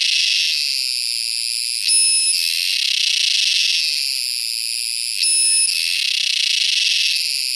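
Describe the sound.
Purana sagittata cicada singing a sustained shrill buzz broken by short, sharper tonal bursts roughly every three seconds, the pattern repeating evenly.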